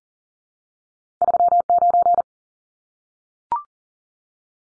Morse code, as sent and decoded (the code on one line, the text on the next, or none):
...-- ----.
39